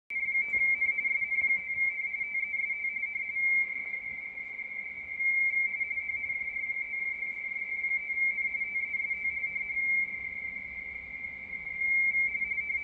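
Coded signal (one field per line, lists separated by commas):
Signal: RTTY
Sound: continuous rapid warbling between two close high tones, steady teleprinter chatter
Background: faint radio static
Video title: ICOM IC-705 RTTY Decoder Easy as 123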